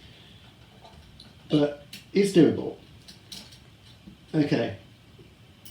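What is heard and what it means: A memory card is worked through a gap in the case toward the single-board computer's card slot, with small scraping and handling noises as it goes in fiddly. Someone talks. Nothing has seated or clicked yet; the clip ends just before the card goes home.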